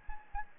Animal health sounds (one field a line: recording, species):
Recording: mosquito wingbeat signal from an infrared sensor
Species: Anopheles gambiae